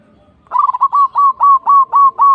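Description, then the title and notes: Zebra dove cooing, a quick stuttered start breaking into several clear, evenly spaced coo notes, each with a slight upward inflection. Local zebra dove. "Kicau Perkutut Lokal. Kicau Burung Perkutut"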